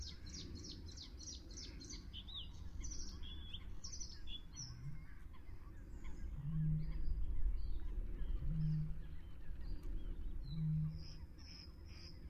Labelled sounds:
Bluethroat song

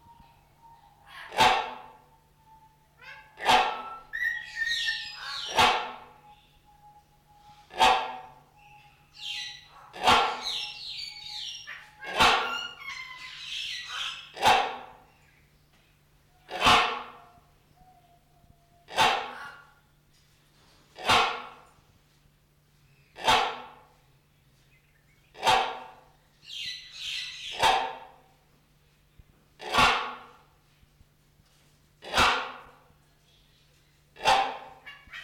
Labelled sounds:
Great Hornbill call

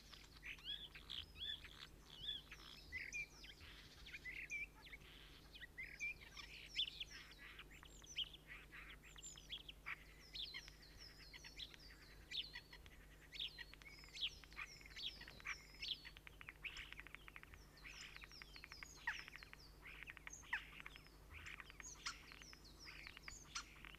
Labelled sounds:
European Starling song

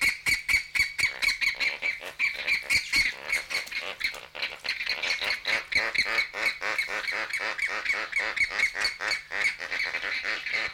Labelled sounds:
James's Flamingo

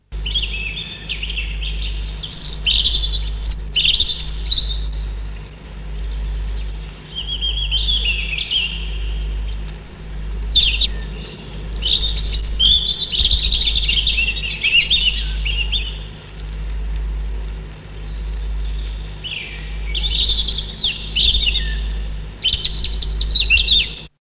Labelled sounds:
European Robin song

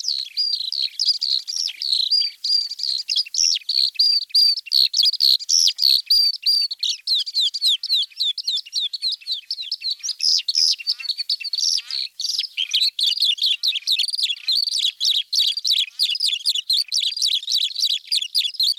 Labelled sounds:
Oriental Skylark song

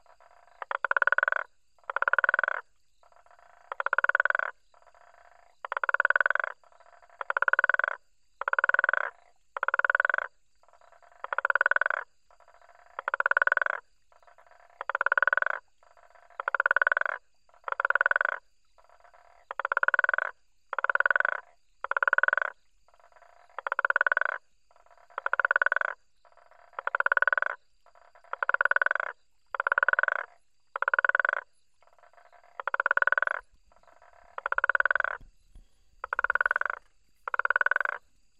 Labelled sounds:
Guttural Toad call

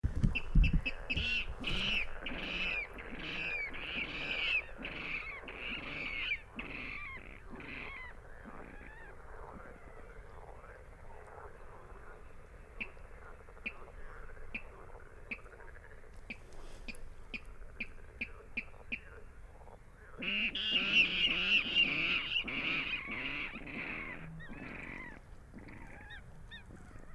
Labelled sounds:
Water Rail

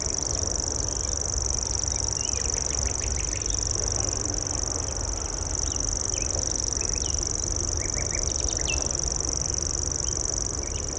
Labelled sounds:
Common Grasshopper Warbler song

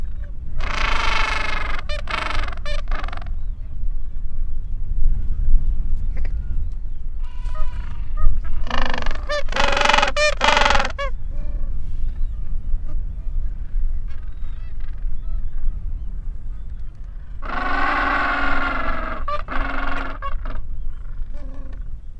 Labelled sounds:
Gentoo Penguin call

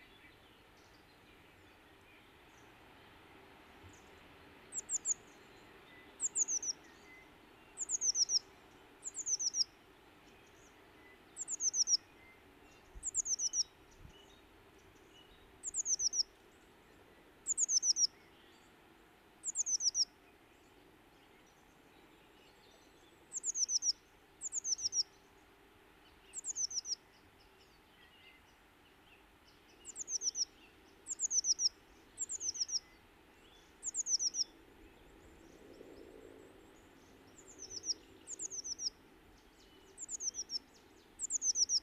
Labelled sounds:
Eurasian Blue Tit song

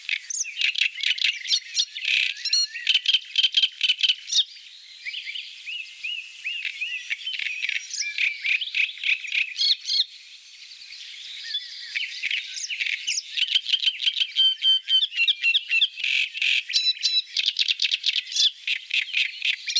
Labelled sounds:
Great Reed Warbler song

